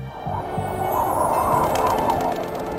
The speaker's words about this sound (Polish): W telefonie są dwa łabędzie i 7 mew.